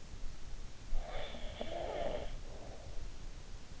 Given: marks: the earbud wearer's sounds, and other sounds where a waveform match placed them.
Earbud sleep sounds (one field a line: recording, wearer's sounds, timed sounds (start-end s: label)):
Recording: sounds in sleep by an in-ear microphone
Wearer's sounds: breath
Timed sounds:
0.71-3.37 s: breath